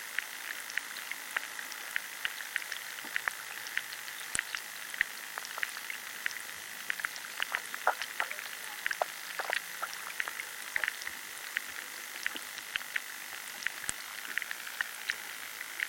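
Underwater life in a chalk river crackles and ticks constantly, with dense irregular clicks and pops over a steady bright hiss throughout.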